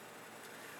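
A hi-capacity magazine is rocked into the magazine well of a CM-022 AK47 airsoft rifle, like loading a real AK, and lined up so it sits symmetrically. Only steady broadband noise is heard, with no distinct click. Nothing has seated or clicked yet.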